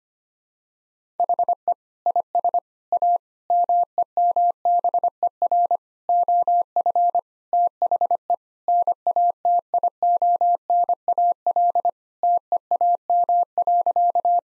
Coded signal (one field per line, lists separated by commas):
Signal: Morse code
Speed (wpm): 25 wpm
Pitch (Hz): 700 Hz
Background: none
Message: HE IS A MEMBER OF THE NATIONAL TEAM.